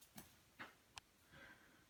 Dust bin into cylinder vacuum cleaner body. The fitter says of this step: and you hear the click and you're ready to go